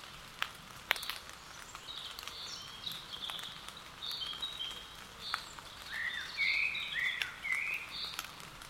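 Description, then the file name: Common blackbird singing warbled phrases that grow louder in the second half, over steady background hiss. "Turdus merula"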